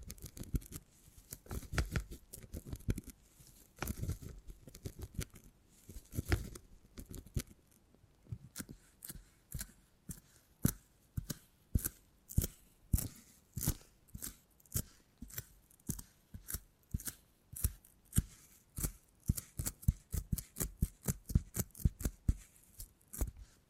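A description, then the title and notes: Beeswax is handled with crisp, sticky crackles and taps, dense and low at first, then sharper, evenly spaced snaps. ASMR 20 Brain Tingly Sounds Using Beeswax (No Talking).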